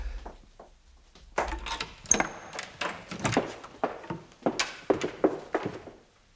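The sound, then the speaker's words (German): A door is flung open with a wooden thunk, followed by a quick, irregular run of heavy footsteps as a man flees, rushing down the stairs to the ground floor, each step a sharp knock of varying loudness. “Hast du gehört? Der ist die Treppe nur so runtergestürzt.”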